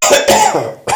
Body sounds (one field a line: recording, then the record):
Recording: coughing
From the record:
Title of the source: Mid-morning Winter Coughing Fit